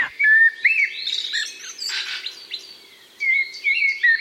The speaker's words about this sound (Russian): А вот черный дрозд, например, он поет прям подолгу.